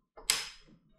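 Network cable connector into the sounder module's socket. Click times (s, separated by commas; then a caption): 0.3 s. A network cable's plastic connector is pushed into its socket on a Furuno DFF3D sounder module. A faint rustle starts at about 0.2 s, then a sharp, bright click at 0.3 s trails off quickly. The connector locks in and is seated.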